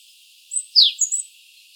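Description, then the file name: Eurasian blue tit call, a brief thin chip followed by a bright falling note and two quick high tsee notes. "Cyanistes caeruleus"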